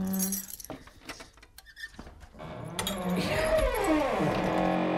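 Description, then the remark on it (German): Small metallic clicks and scraping jiggle at a door lock being picked with a lockpick for a few seconds, followed by a louder rattling, grinding stretch as the mechanism is worked and gives way. “Da muss eben wieder der Dietrich herhalten.”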